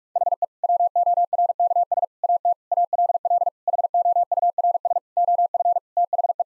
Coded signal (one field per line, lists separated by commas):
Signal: Morse code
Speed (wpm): 46 wpm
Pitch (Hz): 700 Hz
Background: none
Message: HE WORKS AT ALL HOURS OF THE